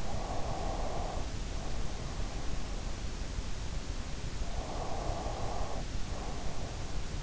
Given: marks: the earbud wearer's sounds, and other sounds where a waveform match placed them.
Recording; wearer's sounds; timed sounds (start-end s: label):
sounds in sleep by an in-ear microphone; breath
0.11-3.05 s: breath
4.55-7.23 s: breath